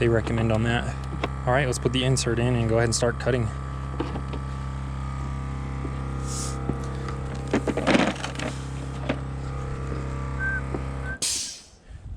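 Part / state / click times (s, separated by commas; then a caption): thread repair insert onto installer tool / not seated / none. While repairing a blown-out spark plug thread on a Ford 4.6L, 5.4L or 6.8L engine, a metal thread repair insert is fitted onto its installer tool as someone talks over a steady low hum. Short, sharp handling taps and scrapes come through around 8.2 s, 8.4 s and 9.1 s, and a brief burst of noise near 11.2 s is followed by a drop in level. The insert is only being handled on the tool, and nothing has seated or clicked into place yet.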